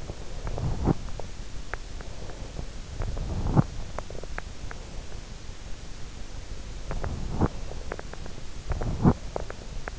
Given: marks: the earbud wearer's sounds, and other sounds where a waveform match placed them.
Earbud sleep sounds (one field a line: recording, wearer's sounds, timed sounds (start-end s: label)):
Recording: sounds in sleep by an in-ear microphone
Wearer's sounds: teeth grinding, breath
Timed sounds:
0.00-1.07 s: teeth grinding
2.06-2.71 s: breath
3.04-3.77 s: teeth grinding
4.65-5.31 s: breath
6.93-7.61 s: teeth grinding
8.56-9.63 s: teeth grinding